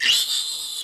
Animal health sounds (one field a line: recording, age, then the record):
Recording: pig call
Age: piglet (1 to 25 days)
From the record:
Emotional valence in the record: negative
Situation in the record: restrain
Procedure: sham castration, cut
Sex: male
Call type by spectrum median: high-frequency call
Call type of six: high-frequency modulated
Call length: 0.85 s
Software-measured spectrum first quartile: 3050 Hz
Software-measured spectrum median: 3919 Hz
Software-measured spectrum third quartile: 5739 Hz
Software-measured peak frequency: 2948 Hz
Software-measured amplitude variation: 95 dB a second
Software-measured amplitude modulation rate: 25.4 a second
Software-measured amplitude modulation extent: 3.7 dB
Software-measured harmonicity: 4.4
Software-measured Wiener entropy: -2.73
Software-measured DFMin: 1064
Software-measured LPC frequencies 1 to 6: 1901, 2874, 3494, 4018, 4841, 8027 Hz